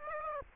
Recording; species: mosquito wingbeat signal from an infrared sensor; Aedes aegypti